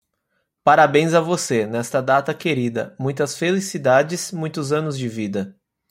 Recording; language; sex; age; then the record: short text; Brazilian Portuguese; male; 30 to 39 years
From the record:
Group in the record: control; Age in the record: 31 years